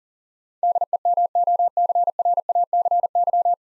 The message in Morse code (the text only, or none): DEMOCRACY